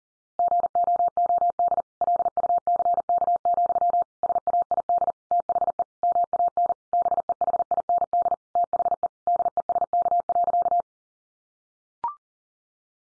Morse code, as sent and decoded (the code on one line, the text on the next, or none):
--. --- --- -.. / .-.. ..- -.-. -.- --..-- / ... .- .. -.. / - .... . / -- .- -. / -... . .... .. -. -.. / - .... . / -.. . ... -.- .-.-.-
GOOD LUCK, SAID THE MAN BEHIND THE DESK.